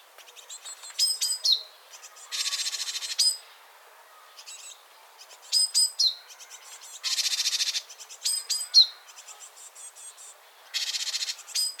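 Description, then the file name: Great tit calls: bright ticks and a falling slurred note followed by harsh churring buzzes, in repeated bouts. "Parus major"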